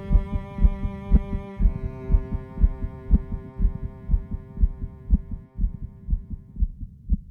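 Steady, regular heartbeat thumps of an adult patient near the end of life, taken with an electronic digital stethoscope, cleaned of extra noises and looped, layered beneath the sustained chords of a song the patient had written, with the heartbeat kept to the fore.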